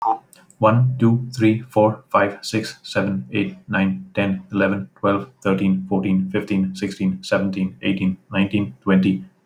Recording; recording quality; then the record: counting at a fast pace; excellent, no background noise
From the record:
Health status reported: healthy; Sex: male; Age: 42 years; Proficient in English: yes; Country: India